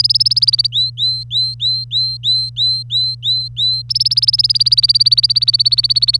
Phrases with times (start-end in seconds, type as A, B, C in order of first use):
0.00-0.67 A, 0.72-3.82 B, 3.89-6.19 A